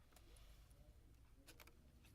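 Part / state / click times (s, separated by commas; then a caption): plastic side piece into a frame's centre spine / not seated / none. A 3D-printed plastic side piece is handled and fitted toward the centre spine of a frame, with low rumbling handling noise and a cluster of faint, sharp ticks around 1.5, 1.6 and 1.7 seconds. Nothing has seated or clicked into place yet.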